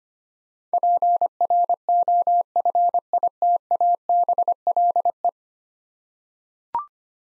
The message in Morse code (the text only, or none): PROFITABLE